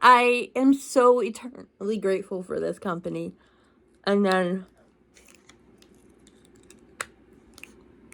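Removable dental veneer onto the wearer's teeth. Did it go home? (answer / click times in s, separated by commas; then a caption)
yes / 7.0 s. Someone talks, then presses a removable plastic veneer onto her teeth until it seats with a sharp snap at 7.0 seconds, with a few faint clicks around it. The snap confirms the veneer is secure on the teeth.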